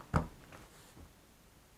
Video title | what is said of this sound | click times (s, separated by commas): PGYTECH Mantispod Pro Camera Mount Unboxing & Extensive Review - Buy Or Pass? Watch This First! | man it locks in place | 0.2 s